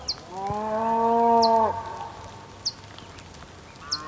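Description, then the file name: A bull gives one long, steady moo that cuts off abruptly, while a bird gives repeated short, high chirps. Ambience recorded on the Patagonian plain, with bulls and birds. "felix blume ambience patagonian plain bulls birds rain"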